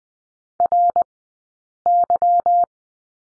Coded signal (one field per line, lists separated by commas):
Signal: Morse code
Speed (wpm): 20 wpm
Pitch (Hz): 700 Hz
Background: none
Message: RY